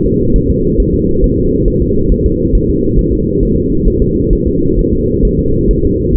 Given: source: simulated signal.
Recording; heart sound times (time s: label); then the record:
fetal heart sounds
0.07 s: S2
0.36 s: S1
0.50 s: S2
0.80 s: S1
0.94 s: S2
1.24 s: S1
1.38 s: S2
1.68 s: S1
1.82 s: S2
2.12 s: S1
2.26 s: S2
2.55 s: S1
2.69 s: S2
2.99 s: S1
3.13 s: S2
3.43 s: S1
3.57 s: S2
3.88 s: S1
4.02 s: S2
4.33 s: S1
4.47 s: S2
4.79 s: S1
4.93 s: S2
5.25 s: S1
5.39 s: S2
5.71 s: S1
5.85 s: S2
6.16 s: S1
From the record:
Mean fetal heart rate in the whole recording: 135 bpm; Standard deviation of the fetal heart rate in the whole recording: 3 bpm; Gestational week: 36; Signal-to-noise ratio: -15.3 dB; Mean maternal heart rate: 72 bpm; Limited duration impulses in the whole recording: present